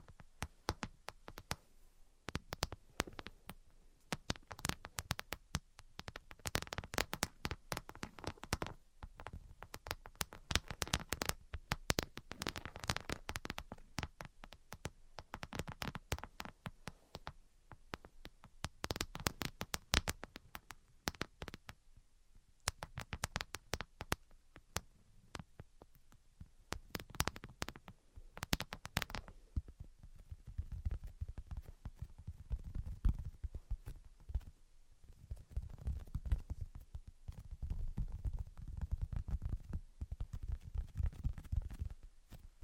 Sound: Tapping, Scratching, and Tracing Sounds